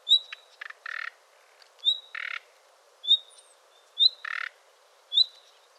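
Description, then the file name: Common nightingale giving flat, high whistled calls about once a second, mixed with short harsh rasping croaks. "Luscinia megarhynchos"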